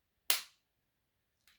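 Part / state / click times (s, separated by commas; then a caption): injector pen button pressed against the skin / seated / 0.3 s. A prefilled injector pen is held against the skin and its button is pushed, giving a loud, sharp first click at 0.3 s that fires the needle, followed by a quick decay. Faint, brief high-pitched sounds follow around 1.5 s to 1.6 s.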